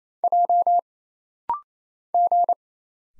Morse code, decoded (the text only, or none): J G